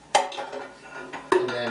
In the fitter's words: locks in place